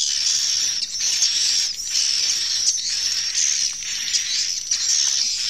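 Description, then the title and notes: Swiftlets twittering without a break, high squeaky chirps layered over pulsing bursts that return roughly every second. Swiftlet calls used in swiftlet bird farming in Asia. "Swiflet Bird Sound. Farming Swiflet Bird asia sound"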